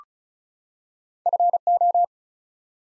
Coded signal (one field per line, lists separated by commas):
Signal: Morse code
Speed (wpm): 36 wpm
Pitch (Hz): 700 Hz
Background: none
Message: FO